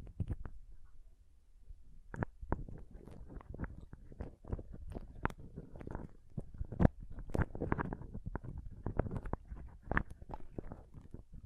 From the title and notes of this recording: ASMR Ultimate Pom Pom Tingles (No Talking).